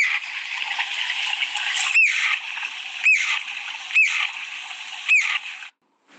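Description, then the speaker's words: Ground Woodpecker giving four harsh descending notes over hiss, then the sound cuts off. Very loud call, described as beautiful; much louder heard in the open than in this recording. "Right, I did say I'm going to try and get the sound of that ground woodpecker for you, but here it goes."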